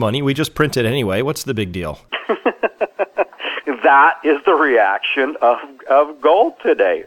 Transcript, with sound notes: We just print it anyway. What is the big deal?
(laughter) That is the reaction of gold today.